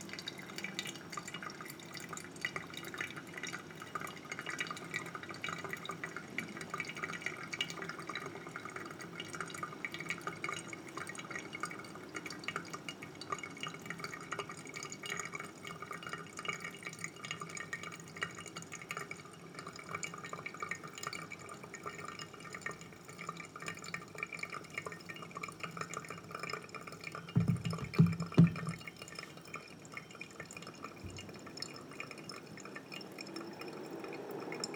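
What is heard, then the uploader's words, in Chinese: Pour-over coffee brewing on a rainy day, with a steady, dense patter of rain and fine dripping and trickling. Small clicks and taps run throughout, and around the 27-second mark a brief, louder low thump or bump stands out before the even patter resumes. 雨天陪我手沖吧！小樹莊園（無人聲）。讓我們靜默的聽雨聲、沖手沖吧！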